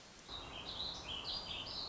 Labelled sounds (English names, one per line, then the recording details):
Warbling Vireo
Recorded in Sonoma County, California